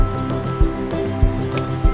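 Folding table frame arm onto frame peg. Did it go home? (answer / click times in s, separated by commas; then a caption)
yes / 1.6 s. On a Trekology camping table, a folding aluminum table frame arm with a hole is pushed over a peg on the frame and snaps into place with a single sharp click at 1.6 s. Steady background music plays throughout, with a few soft low thumps. The arm is seated, leaving the frame sturdy and not prone to collapsing.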